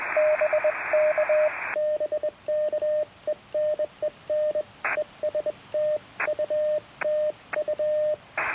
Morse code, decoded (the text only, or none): BK BK EN EN ES TU TU